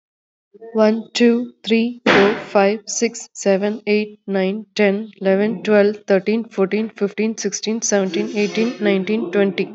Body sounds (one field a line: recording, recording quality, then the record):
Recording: counting at a fast pace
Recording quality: moderate, slight background noise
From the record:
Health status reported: exposed to COVID-19, no respiratory illness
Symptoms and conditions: cough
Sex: female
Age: 41 years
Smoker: no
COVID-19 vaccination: both doses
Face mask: not worn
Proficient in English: yes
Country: India